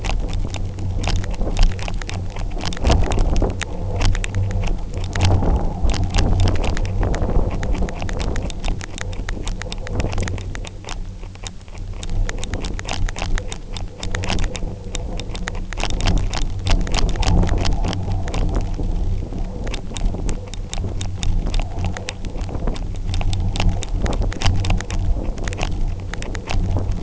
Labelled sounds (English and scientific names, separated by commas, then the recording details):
none
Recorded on Arctic tundra, site UTQI-0, on 29 June 2018
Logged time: 08:00